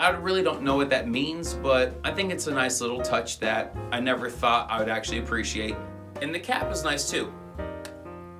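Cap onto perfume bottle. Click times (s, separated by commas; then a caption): 7.8 s. Someone talks over background guitar music while fitting the cap back onto an Armaf Club De Nuit Milestone perfume bottle. The cap snaps on with a single click at 7.9 s and is seated.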